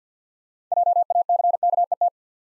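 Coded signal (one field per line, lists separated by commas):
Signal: Morse code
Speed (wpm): 48 wpm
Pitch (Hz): 700 Hz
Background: none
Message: JACKET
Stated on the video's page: Morse practice building 6-letter words three letters at a time at 50 wpm, for instant character recognition training.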